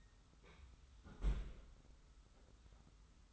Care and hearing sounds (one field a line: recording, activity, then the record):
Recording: daily activity, microphone in the room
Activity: close fridge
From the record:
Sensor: 3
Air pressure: 991.1 hPa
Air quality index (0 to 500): 120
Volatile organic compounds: 93 ppm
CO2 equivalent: 3706 ppm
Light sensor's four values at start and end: 32/77/31/29 and 32/76/31/29